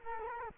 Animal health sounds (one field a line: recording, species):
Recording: mosquito wingbeat signal from an infrared sensor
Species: Culex quinquefasciatus